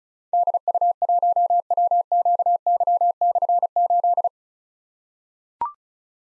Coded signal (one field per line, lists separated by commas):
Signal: Morse code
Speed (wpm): 36 wpm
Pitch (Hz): 700 Hz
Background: none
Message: DU1WQY/8